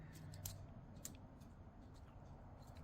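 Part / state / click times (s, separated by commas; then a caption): plastic light housing into toy fire truck body / seated / 0.5 s, 1.1 s. The plastic light housing of a TYCO US1 Electric Trucking Firetruck 3911 toy, worked on during a light bulb replacement, is lined up and pressed back into the truck's body. Two sharp plastic clicks land at 0.5 s and 1.1 s over a low steady hum. The housing snaps back into place and is seated.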